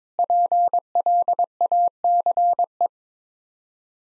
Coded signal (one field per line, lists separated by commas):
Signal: Morse code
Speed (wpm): 21 wpm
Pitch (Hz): 700 Hz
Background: none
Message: PLACE